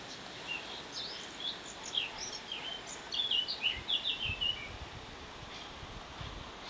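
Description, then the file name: Eurasian blackcap giving a scratchy, warbled phrase of fast high notes lasting about four seconds, over low rumbling background noise. "Sylvia atricapilla"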